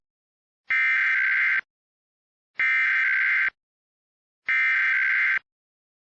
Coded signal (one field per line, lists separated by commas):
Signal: Emergency Alert System (SAME) tones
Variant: header bursts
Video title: EAS 156-159 - 2 Alerts from Milton + 3 Test Alerts